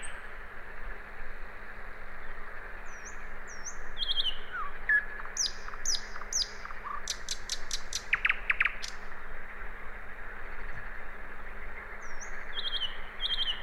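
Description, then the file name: Common nightingale singing varied phrases: thin high whistles, short ringing notes, then a quick burst of hard repeated clicks before more high whistles, with a constant low hum behind. "Luscinia megarhynchos"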